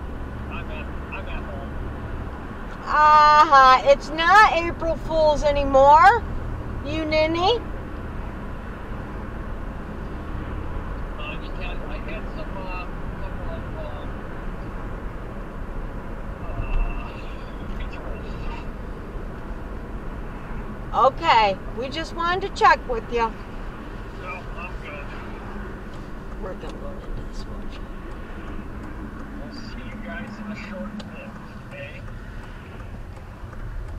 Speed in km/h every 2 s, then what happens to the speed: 55, 56, 56, 58, 61, 61, 63, 64, 63, 64, 60, 56, 53, 50, 42, 26, 11.
0-13 speeds up to 64. 13-34 slows to 11.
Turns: 29-34.